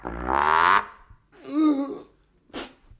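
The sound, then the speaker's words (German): Three fart sounds in a row: a long, buzzy, tonal blast, then a wobbling, sputtering one, and finally a short, sharp puff, each separated by a brief pause. “Nicht aus Widersetzigkeit hab ich den andern Stinker in die Stuben gelassen.”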